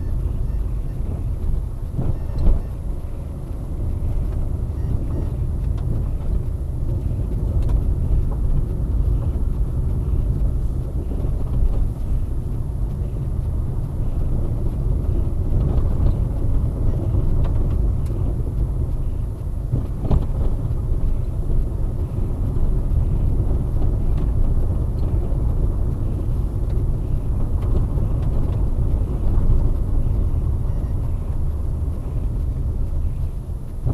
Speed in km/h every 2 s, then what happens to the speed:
21, 22, 24, 24, 28, 27, 26, 26, 24, 23, 22, 24, 25, 24, 23, 22, 21.
0-9 speeds up to 28. 9-34 slows to 21.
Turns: none.